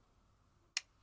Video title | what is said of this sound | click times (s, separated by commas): Tripod and Grip Guides Episode 8: Manfrotto BeFree Tripod | you'll hear a second click. | 0.8 s